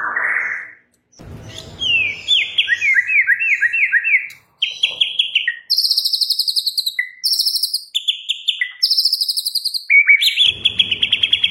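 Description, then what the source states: White-rumped shama song: a rising whistle, a fast series of descending whistled notes, then repeated buzzy trills with short whistles. Training song, full rolling and shooting song style.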